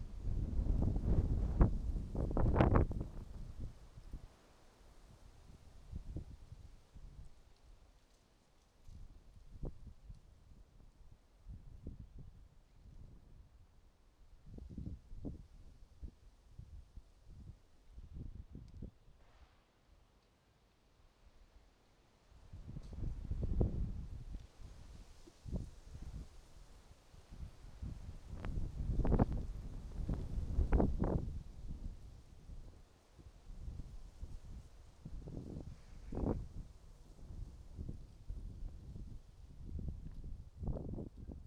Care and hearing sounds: everyday scene through a hearing-aid microphone; wind on the microphone; wind, traffic, birds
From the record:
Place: suburban garden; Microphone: in the ear canal, right

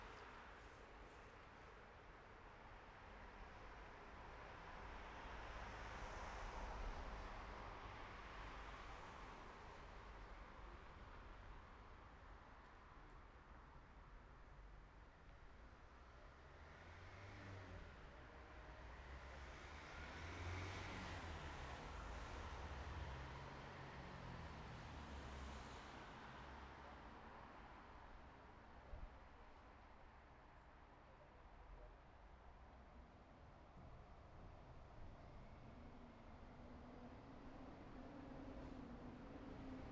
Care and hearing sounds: everyday scene through a hearing-aid microphone; in traffic; traffic, mumbling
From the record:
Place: bus stop on a city main road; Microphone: behind the ear, right, rear

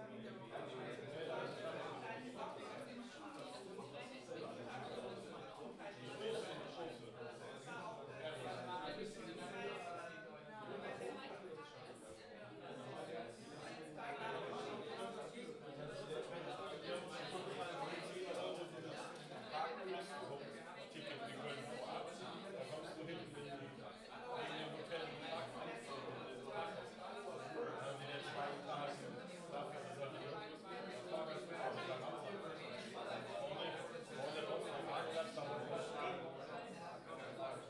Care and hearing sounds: everyday scene through a hearing-aid microphone; many people talking; many voices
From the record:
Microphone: in the ear canal, left

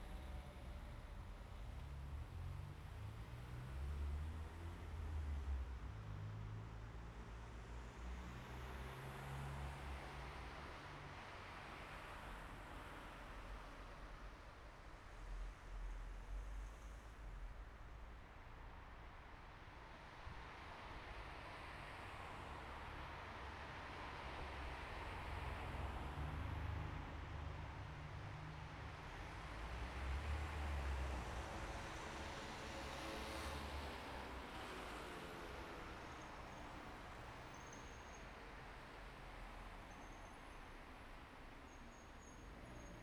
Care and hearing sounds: everyday scene through a hearing-aid microphone; in traffic; traffic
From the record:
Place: bus stop on a city main road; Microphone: behind the ear, right, rear

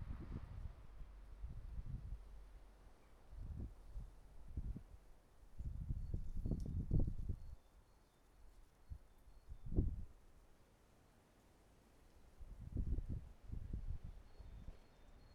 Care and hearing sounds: everyday scene through a hearing-aid microphone; wind on the microphone; wind, traffic, birds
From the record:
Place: suburban garden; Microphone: behind the ear, right, rear

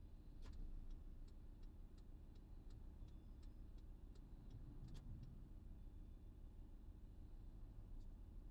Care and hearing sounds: everyday scene through a hearing-aid microphone; in a vehicle; engine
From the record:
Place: VW T5 Caravelle, diesel engine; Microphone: in the ear canal, left

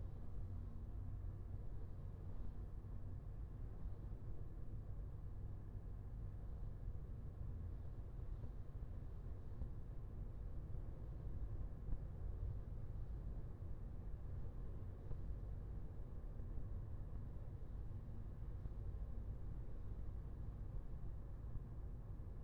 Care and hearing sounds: everyday scene through a hearing-aid microphone; in a vehicle; engine, highway driving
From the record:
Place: Skoda Fabia, gasoline engine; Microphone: behind the ear, left, front

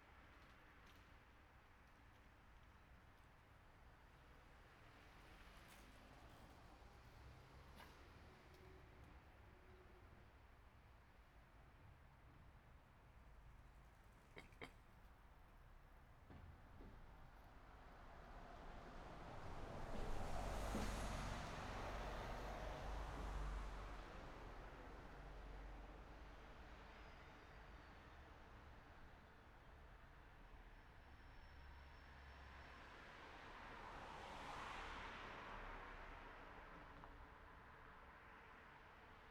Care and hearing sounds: everyday scene through a hearing-aid microphone; in traffic; traffic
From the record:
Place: city secondary road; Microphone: behind the ear, right, front

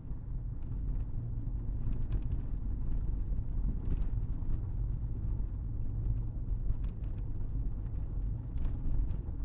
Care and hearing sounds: everyday scene through a hearing-aid microphone; in a vehicle; engine, rumble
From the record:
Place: Berlingo II, diesel engine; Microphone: behind the ear, right, rear

